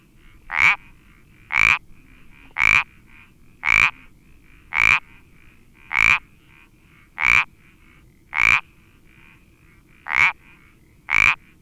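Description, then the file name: Iberian parsley frog calling steadily: a loud creaky note about once a second, ten in a row, with fainter calls in between. "Sapillo Moteado Iberico Pelodytes Ibericus"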